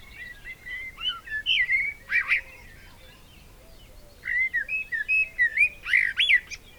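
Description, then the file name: Eurasian blackbird song: two warbled phrases of mellow whistled notes sliding up and down, each ending in squeaky high twitters, with a pause between them. "Turdus merula"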